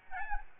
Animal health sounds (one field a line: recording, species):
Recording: mosquito wingbeat signal from an infrared sensor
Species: Aedes albopictus